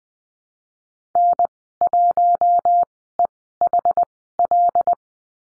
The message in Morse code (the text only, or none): N1EHL